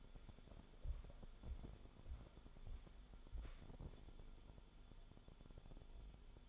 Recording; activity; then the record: daily activity, microphone in the room; walk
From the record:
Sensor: 5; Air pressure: 1015.4 hPa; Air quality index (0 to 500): 177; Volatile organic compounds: 6 ppm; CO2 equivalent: 1930 ppm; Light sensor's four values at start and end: 41/94/38/38 and 41/94/38/38